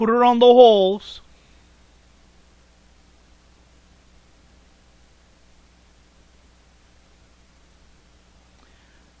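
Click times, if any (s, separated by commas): none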